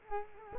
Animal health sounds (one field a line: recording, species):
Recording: mosquito wingbeat signal from an infrared sensor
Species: Culex quinquefasciatus